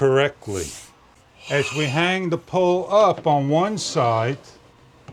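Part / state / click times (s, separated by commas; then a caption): horizontal pole into its side mount / not seated / none. Someone talks while the horizontal pole of a Jilron no-drill room divider curtain set is hung up on one side toward its side mount, with faint rubbing handling sounds between words. The pole is still being handled, and nothing has seated or clicked into place yet.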